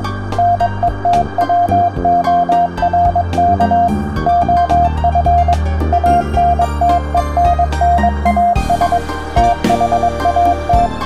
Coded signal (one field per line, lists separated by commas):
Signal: Morse code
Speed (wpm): 22 wpm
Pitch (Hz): 700 Hz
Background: music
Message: NETWORK OF ANTENNAS THAT